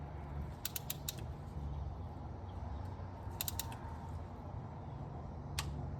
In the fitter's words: That's it. Heard that click?